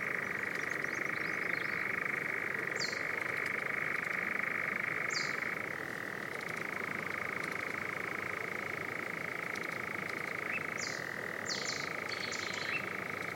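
Animal and bird sounds: a dense, unbroken croaking chorus, like frogs, holds steady at a mid-high pitch throughout. Short bright bird notes cut through above it around three and five seconds, then in a quick cluster near eleven to twelve seconds.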